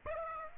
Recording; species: mosquito wingbeat signal from an infrared sensor; Aedes aegypti